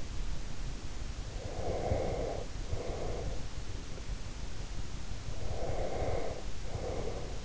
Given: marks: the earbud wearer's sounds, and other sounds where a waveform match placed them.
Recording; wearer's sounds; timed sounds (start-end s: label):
sounds in sleep by an in-ear microphone; breath
1.43-3.44 s: breath
5.38-7.45 s: breath